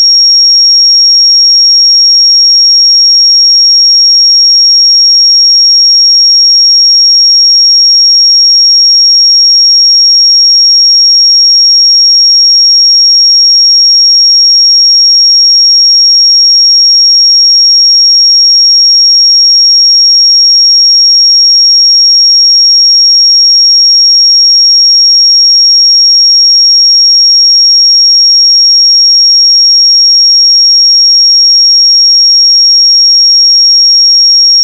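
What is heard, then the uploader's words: A pure sine tone at 5577 Hz holds perfectly steady for the full 35 seconds, a single thin, high, piercing whistle. Its loudness never changes, and there are no other sounds, no breaks and no background noise. 5577 Hz 1 Hz Interval Sine Pure Tone Frequency 441000 Sample Mono.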